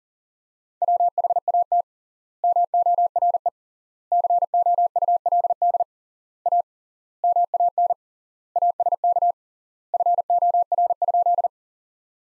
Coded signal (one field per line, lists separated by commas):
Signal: Morse code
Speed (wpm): 40 wpm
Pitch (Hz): 700 Hz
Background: none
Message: WHAT MORE COULD A MAN ASK FOR?